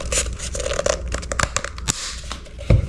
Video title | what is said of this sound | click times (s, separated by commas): Better than Ring I Step by Step Installation & Configuration Guide for Blink Outdoor Camera I DIY | hear that clicking sound | 1.3 s, 1.4 s, 1.6 s, 1.9 s